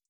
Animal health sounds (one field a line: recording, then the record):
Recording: hydrophone in a shrimp aquaculture tank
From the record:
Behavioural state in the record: feeding